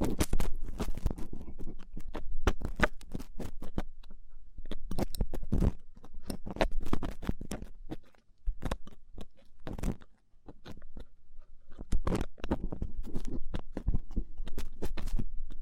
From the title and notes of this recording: ASMR Rough Ear Cleaning (No Talking).